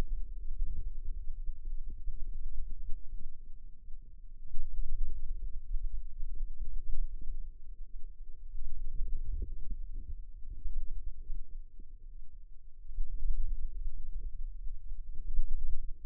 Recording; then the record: forearm muscle sounds (acoustic myography)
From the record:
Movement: radial deviation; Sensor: system 2, bracelet of six BSWA MPA416 microphones around the upper forearm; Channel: 1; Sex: female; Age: 22 years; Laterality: right